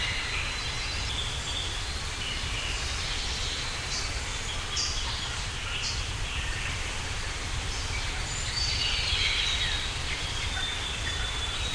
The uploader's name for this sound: Tropical Birds